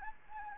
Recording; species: mosquito wingbeat signal from an infrared sensor; Anopheles gambiae